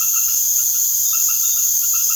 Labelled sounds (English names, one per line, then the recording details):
none
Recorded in secondary vegetation near Puerto Asís, Putumayo, Colombia, on 21 March 2025 at 19:00
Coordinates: 0.489, -76.322
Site G042